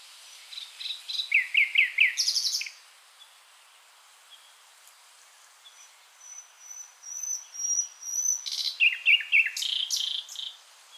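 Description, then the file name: Common nightingale singing two rapid chirping phrases; between them comes a quiet gap, then a thin, drawn-out high whistle that leads into the second phrase. "Luscinia megarhynchos"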